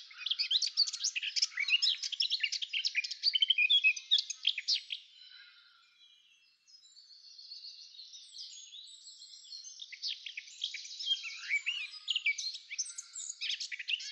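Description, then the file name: Eurasian blackcap singing a dense, scratchy warble of rapid high notes, a brief lull, then a quieter, softer warbling passage resuming. "Sylvia atricapilla"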